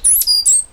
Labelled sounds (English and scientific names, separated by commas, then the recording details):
Stitchbird (Notiomystis cincta) song
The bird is a male
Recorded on Tiritiri Matangi Island, New Zealand, in 2005
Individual 8, of nest box 10